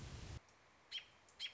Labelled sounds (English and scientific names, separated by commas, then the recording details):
American Robin (Turdus migratorius)
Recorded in Sonoma County, California